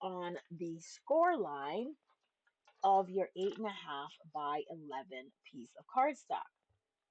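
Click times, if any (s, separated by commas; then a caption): none. Someone talks while lining up the release lines of a plastic scoring guide piece on the score line of an 8 1/2 by 11 inch sheet of card stock, preparing to press it into its base on a scoring board. A faint tick sounds around 2.7 s during a brief pause in the talking. Nothing has seated or clicked yet.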